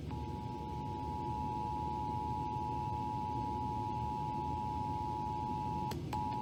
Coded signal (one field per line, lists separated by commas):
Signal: Emergency Alert System (SAME) tones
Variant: 853 and 960 Hz attention tone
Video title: National EAS Test! | Tests from August 2021 (EAS#145-171)